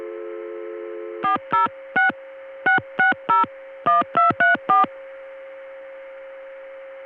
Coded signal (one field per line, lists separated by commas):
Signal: DTMF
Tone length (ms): 150 ms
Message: 406 6601234